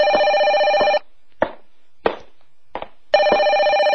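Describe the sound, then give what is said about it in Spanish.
A telephone bell rings in two long, steady bursts with bright, shrill harmonic tones, separated by a quiet gap holding a few short clicks and rustles. “Déjeme contestar el teléfono.”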